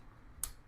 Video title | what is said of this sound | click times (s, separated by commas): 2024 Lifan KPX 250, NEW TOOL cleaning the fuel injector #motorcycle #dualsport #enduro #lifan | You got to wiggle it a little bit till you feel it kind of fall in. Then you'll feel it click. | 0.4 s